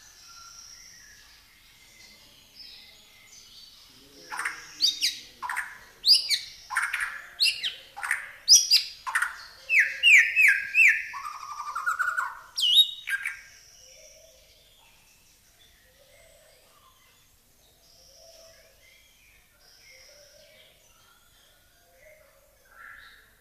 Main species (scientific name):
Copsychus malabaricus